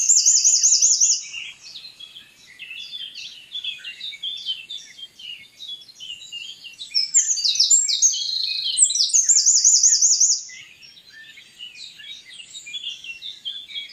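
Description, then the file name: Eurasian wren singing twice: an energetic trilled phrase opens, then after quieter twittering a second long, rattling, high song rings out. "Troglodytes troglodytes"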